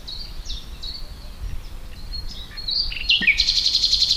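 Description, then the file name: Common nightingale song: drawn-out piping whistles, then an abrupt switch into a loud, fast, buzzing rattle of repeated notes. "Luscinia megarhynchos"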